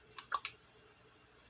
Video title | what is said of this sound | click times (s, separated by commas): Make your controllers rechargeable, and never take the covers off again! | it clicks right in there and now i wish this lit up when it was charging but unfortunately it's lit up | 0.5 s